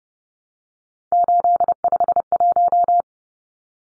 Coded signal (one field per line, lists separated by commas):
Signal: Morse code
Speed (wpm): 30 wpm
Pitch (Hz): 700 Hz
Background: none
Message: 851